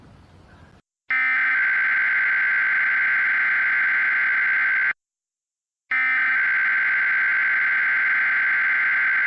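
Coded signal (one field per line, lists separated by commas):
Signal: Emergency Alert System (SAME) tones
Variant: header bursts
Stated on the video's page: Fictional EAS scenario that uses valid, operational tones.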